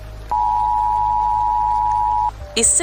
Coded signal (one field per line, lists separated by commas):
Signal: Emergency Alert System (SAME) tones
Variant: 853 and 960 Hz attention tone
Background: speech